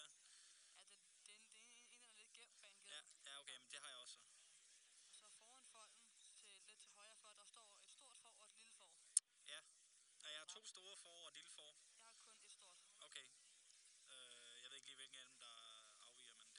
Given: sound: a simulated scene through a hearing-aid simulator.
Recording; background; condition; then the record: conversation; quiet; 55 dB SPL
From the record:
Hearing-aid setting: II (fast-acting compression, audibility-based gain, advanced features for about 2.5 dB of SNR improvement); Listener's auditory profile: B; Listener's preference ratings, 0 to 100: 66, 22, 57